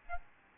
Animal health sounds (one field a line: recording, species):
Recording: mosquito wingbeat signal from an infrared sensor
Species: Aedes albopictus